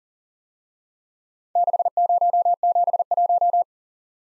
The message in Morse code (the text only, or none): 6071